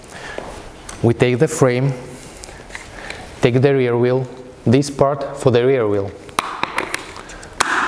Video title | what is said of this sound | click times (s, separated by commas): การประกอบสินค้าและการใช้งาน QPlay รถเข็นเด็กพกพา จากเยอรมัน Easy baby pushchair | when you hear the click it it means you install the wheel correctly | 7.6 s